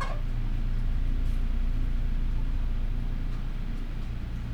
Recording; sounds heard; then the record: poultry house recording; healthy chickens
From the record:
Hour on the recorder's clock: 12